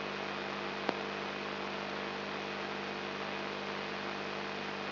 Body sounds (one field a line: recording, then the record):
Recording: brain microelectrode recording played as sound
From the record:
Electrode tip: inside the subthalamic nucleus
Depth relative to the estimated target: 0 mm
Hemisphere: left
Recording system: AlphaMap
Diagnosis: Parkinson's disease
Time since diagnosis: 10 years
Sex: male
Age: 56 years